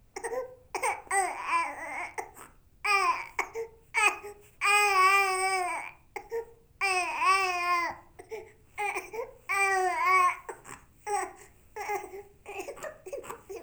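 Fussy babbling builds into three drawn-out, high-pitched wails of about a second each, with short whimpers in between, in a small room. It is an ordinary infant cry.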